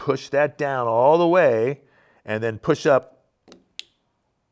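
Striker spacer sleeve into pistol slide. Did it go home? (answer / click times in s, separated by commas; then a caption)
yes / 3.8 s. Someone talks while reassembling a Glock 43X pistol slide to add a red dot without cutting the factory slide: the spring-loaded pressure plunger is pushed down with a punch, then the small metal part is pushed up with the thumb. After a few faint handling sounds around 3.5 s, a sharp, bright click at 3.8 s marks the striker spacer sleeve seating into the slide.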